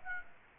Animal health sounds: mosquito wingbeat signal from an infrared sensor; Aedes aegypti

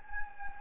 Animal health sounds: mosquito wingbeat signal from an infrared sensor; Anopheles gambiae

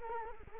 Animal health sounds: mosquito wingbeat signal from an infrared sensor; Culex quinquefasciatus

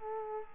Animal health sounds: mosquito wingbeat signal from an infrared sensor; Culex quinquefasciatus

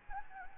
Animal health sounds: mosquito wingbeat signal from an infrared sensor; Anopheles gambiae

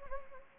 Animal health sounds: mosquito wingbeat signal from an infrared sensor; Anopheles gambiae

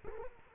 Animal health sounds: mosquito wingbeat signal from an infrared sensor; Culex quinquefasciatus

